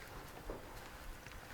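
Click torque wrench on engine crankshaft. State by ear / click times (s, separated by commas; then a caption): not seated / none. A click-type torque wrench set at about 10 turns the crankshaft of a Range Rover 3.0 TDV6 engine again in one smooth motion. Only a steady low background noise is heard, with a faint brief tick near 1.3 seconds. The wrench has not clicked.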